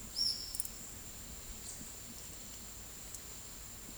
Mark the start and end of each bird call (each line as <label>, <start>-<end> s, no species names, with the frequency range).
bird call (3.4-6.6 kHz), 0.16-0.34 s